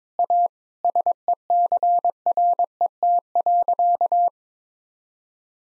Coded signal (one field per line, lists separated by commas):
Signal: Morse code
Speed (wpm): 21 wpm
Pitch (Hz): 700 Hz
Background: none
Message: A SECRET.